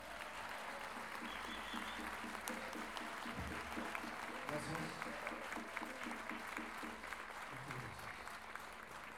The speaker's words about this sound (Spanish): Recibamos con un gran aplauso a don ….